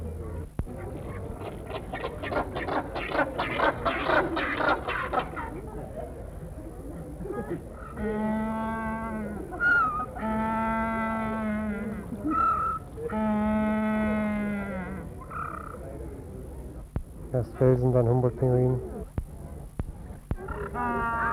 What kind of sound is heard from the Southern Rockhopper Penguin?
call